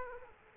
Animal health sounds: mosquito wingbeat signal from an infrared sensor; Aedes aegypti

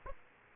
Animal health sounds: mosquito wingbeat signal from an infrared sensor; Aedes aegypti

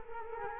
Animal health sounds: mosquito wingbeat signal from an infrared sensor; Culex quinquefasciatus

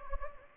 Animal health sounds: mosquito wingbeat signal from an infrared sensor; Anopheles gambiae

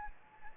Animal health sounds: mosquito wingbeat signal from an infrared sensor; Anopheles gambiae

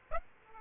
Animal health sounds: mosquito wingbeat signal from an infrared sensor; Aedes aegypti

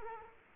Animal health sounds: mosquito wingbeat signal from an infrared sensor; Culex quinquefasciatus

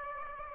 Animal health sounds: mosquito wingbeat signal from an infrared sensor; Aedes aegypti

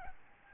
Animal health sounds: mosquito wingbeat signal from an infrared sensor; Aedes albopictus

